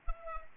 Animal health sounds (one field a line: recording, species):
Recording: mosquito wingbeat signal from an infrared sensor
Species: Culex pipiens